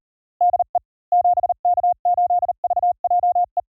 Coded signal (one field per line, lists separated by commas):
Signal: Morse code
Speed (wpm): 38 wpm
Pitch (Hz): 660 Hz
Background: none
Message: DE 7K8VJE